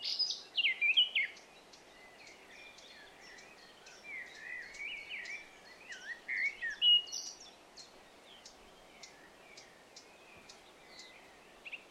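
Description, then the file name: Eurasian blackcap warbling in bursts, at the start, from about four to seven seconds and briefly at the end, over a steady series of faint ticking clicks. "Sylvia atricapilla"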